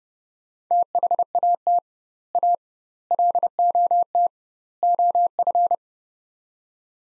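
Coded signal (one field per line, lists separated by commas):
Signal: Morse code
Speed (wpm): 32 wpm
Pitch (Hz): 700 Hz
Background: none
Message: THAT A LOT OF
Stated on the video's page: Practice drill of sets of four words at 30wpm with doubled word-spacing, a Farnsworth-like method for head-copy practice.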